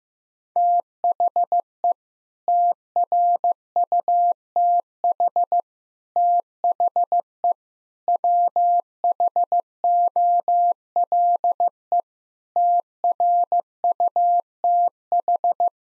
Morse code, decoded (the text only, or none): THE TRUTH THE WHOLE TRUTH